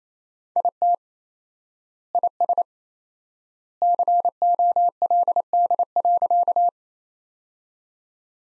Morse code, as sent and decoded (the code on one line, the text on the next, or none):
.. - / .. ... / -.-. --- .-.. -.. .-.-.-
IT IS COLD.